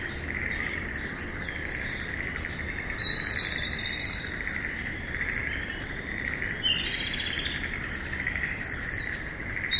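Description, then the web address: Japanese robin song: short bursts of high, rapid trilled notes over a steady buzzing insect chorus that runs throughout. Recorded 16 April 2012. "abarazemi Japanese Robin"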